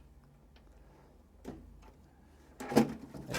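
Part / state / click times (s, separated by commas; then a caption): plastic front bezel on a desktop computer chassis / released / 2.6 s, 2.8 s. The plastic tabs on the front bezel of a 1992 Apple Macintosh Quadra 950 desktop computer are carefully levered until the panel comes free of the metal chassis. After faint ticks and a soft knock near 1.5 s, the tabs pop free with a loud plastic snap at 2.6 s and a sharp click at 2.8 s, followed by rattling. The front panel is released and removed.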